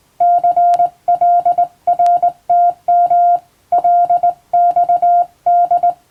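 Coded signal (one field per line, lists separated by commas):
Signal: Morse code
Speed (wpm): 19 wpm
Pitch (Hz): 700 Hz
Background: none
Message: CLRTM LXD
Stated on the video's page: Morse code practice for the Japanese radio operator licence at 16 wpm.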